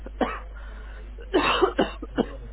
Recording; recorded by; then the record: voluntary cough; telephone call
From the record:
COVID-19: positive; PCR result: checked with the laboratory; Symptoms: no